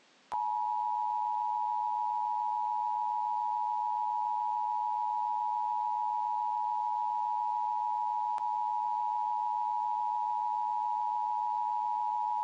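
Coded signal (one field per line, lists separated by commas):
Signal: Emergency Alert System (SAME) tones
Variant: 853 and 960 Hz attention tone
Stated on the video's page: Simulated, fake EAS tornado warning made for entertainment and education, with realistic tones.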